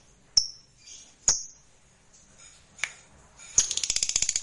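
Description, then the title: Lovebird giving a few sharp high chirps, then a rapid buzzy trill of clicking pulses. Fighter lovebird singing energetically (gacor). "Berkat SUARA Lovebird FIGHTER GACOR Ini"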